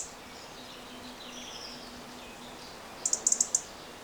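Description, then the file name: European robin calls: after a quiet stretch with faint birdsong, a burst of six crisp, high clicking ticks arrives in quick succession. "Erithacus rubecula"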